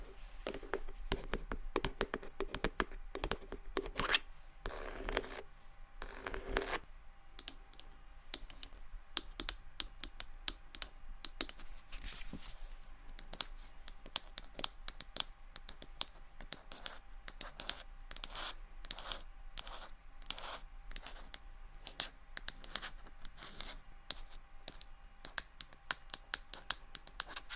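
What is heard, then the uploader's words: Soft tapping and scratching runs through the whole recording, a dense, irregular stream of light crisp strokes with a bright, papery edge. A thicker run of rubbing comes around five to seven seconds. A faint steady hum sits underneath. ASMR Low Light SoftGentle Tapping & Scratching For Sleep (No Talking).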